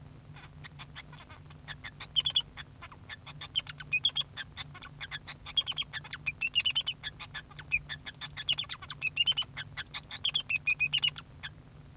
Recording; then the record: song of a male Bengalese finch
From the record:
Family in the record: son of father 2